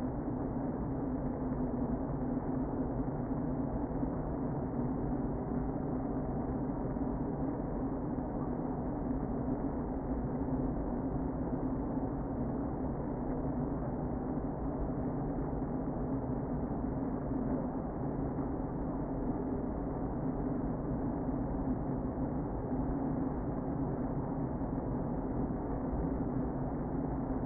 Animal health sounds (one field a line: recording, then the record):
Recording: honeybee colony, microphone inside the hive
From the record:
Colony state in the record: queen present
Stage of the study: before two queens were removed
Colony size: about 60,000 bees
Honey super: yes